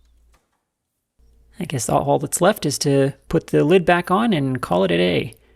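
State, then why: Not seated. A close-fitting machined metal lid is being handled for the oil pump tank assembly of a Pennsylvania A3 switcher model locomotive while someone talks. Nothing has seated or clicked yet.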